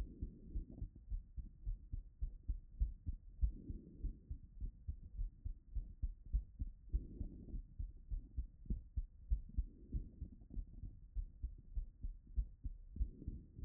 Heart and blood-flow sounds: heart sounds by stethoscope; Erb's point; 97 bpm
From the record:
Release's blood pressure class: elevated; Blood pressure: 123/68 mmHg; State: after exercise

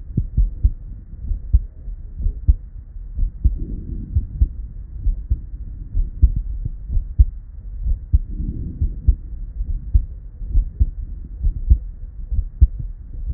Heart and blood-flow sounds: heart sounds by stethoscope; Erb's point; 65 bpm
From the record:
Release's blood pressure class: normal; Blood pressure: 115/67 mmHg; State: at rest

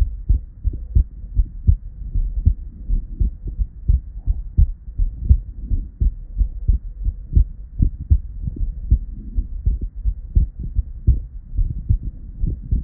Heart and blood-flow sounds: heart sounds by stethoscope; Erb's point; 78 bpm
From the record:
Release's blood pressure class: normal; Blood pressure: 94/53 mmHg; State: at rest

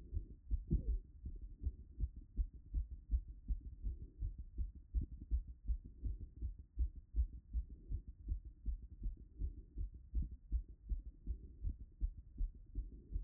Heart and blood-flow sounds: heart sounds by stethoscope; Erb's point; 161 bpm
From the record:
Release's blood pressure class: hypertension stage 2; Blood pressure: 128/106 mmHg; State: after exercise

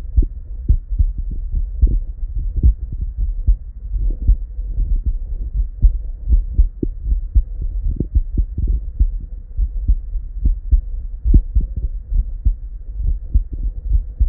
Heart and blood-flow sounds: heart sounds by stethoscope; Erb's point; 69 bpm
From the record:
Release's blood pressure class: normal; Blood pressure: 117/61 mmHg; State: at rest

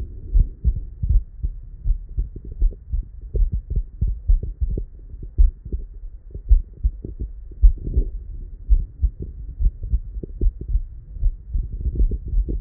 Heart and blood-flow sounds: heart sounds by stethoscope; Erb's point; 54 bpm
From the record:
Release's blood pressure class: elevated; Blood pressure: 127/78 mmHg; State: at rest

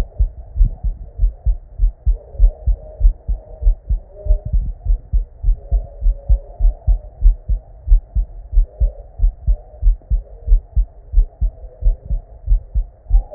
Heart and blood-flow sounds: heart sounds by stethoscope; Erb's point; 95 bpm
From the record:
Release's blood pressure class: normal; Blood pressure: 106/61 mmHg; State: at rest

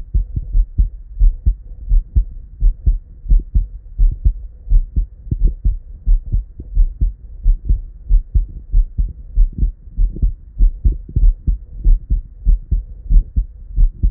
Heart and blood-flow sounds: heart sounds by stethoscope; Erb's point; 90 bpm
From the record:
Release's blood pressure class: normal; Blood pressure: 104/71 mmHg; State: at rest

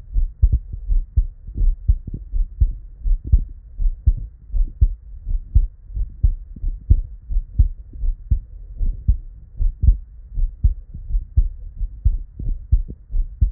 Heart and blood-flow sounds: heart sounds by stethoscope; Erb's point; 82 bpm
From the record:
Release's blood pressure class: normal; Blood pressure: 109/59 mmHg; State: at rest

